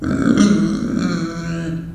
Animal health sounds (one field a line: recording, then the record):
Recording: squeal of a Yucatan mini pig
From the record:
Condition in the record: after surgery on the right vocal fold (resection and tissue-engineered implant)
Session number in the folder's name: 6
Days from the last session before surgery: 40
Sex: female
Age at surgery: 19 weeks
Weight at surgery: 25 kg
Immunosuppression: prednisolone